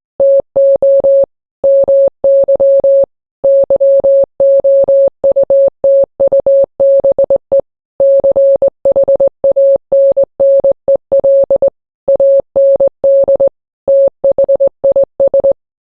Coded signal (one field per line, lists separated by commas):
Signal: Morse code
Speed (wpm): 20 wpm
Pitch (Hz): 550 Hz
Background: none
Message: TO MY YOUTUBE CHANNEL AND THIS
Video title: What is morse code? | Significance of morse code